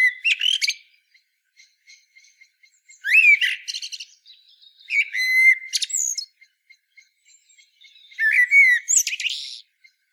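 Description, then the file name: Eurasian blackbird song of four bursts: melodious low whistling followed by sharp, high-pitched twittering, with faint soft notes in the gaps. "Turdus merula"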